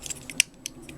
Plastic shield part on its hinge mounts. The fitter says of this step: you can click it out it's on two hinges